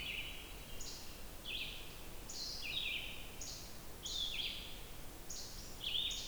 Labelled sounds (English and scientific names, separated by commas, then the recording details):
Red-eyed Vireo (Vireo olivaceus) song
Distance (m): 40 m
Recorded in boreal forest in Alberta, Canada, on 28 June 2016 at 07:12
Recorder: SongMeter 3, array SBT-6-79
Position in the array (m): 122 m, 190 m